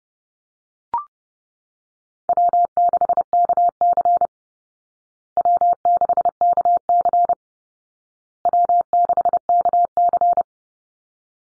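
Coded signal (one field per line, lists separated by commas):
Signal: Morse code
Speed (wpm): 30 wpm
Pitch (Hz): 700 Hz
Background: none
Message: W6KC W6KC W6KC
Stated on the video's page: Morse drill of easy call signs for head-copy at 30wpm, each sent three times, then spoken, then sent again.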